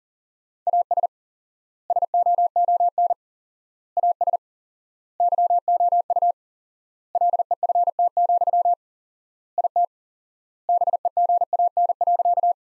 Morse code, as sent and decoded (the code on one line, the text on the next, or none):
.- ... / ... --- --- -. / .- ... / -.-- --- ..- / .-.. . ..-. - --..-- / .. - / -... . --. .- -. .-.-.-
AS SOON AS YOU LEFT, IT BEGAN.